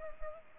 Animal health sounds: mosquito wingbeat signal from an infrared sensor; Culex pipiens

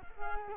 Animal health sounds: mosquito wingbeat signal from an infrared sensor; Culex quinquefasciatus

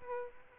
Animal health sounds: mosquito wingbeat signal from an infrared sensor; Aedes aegypti

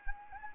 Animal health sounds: mosquito wingbeat signal from an infrared sensor; Anopheles gambiae

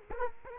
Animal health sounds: mosquito wingbeat signal from an infrared sensor; Culex quinquefasciatus

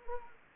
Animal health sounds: mosquito wingbeat signal from an infrared sensor; Anopheles gambiae

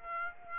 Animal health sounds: mosquito wingbeat signal from an infrared sensor; Aedes aegypti

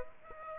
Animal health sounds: mosquito wingbeat signal from an infrared sensor; Aedes aegypti

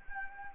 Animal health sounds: mosquito wingbeat signal from an infrared sensor; Anopheles gambiae

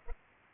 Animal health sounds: mosquito wingbeat signal from an infrared sensor; Culex pipiens

